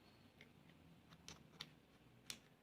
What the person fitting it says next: the click sound makes sure that the ends have been connected.